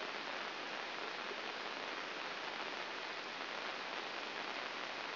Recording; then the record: brain microelectrode recording played as sound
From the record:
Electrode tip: inside the subthalamic nucleus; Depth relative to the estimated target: 0 mm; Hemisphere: right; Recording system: AlphaMap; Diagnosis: Parkinson's disease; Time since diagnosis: 19 years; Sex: male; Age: 59 years